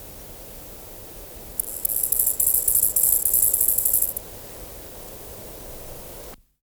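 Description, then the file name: Chorthippus grasshopper singing a short burst of high, rasping pulses for roughly two and a half seconds amid quiet background hiss. "Chorthippus"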